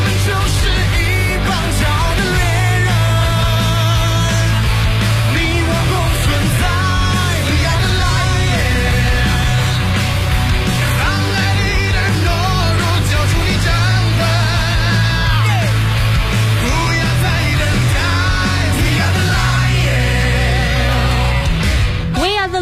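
A loud rock band song plays throughout, with a belting, shouted-style male lead vocal over driving drums, heavy bass and distorted guitars.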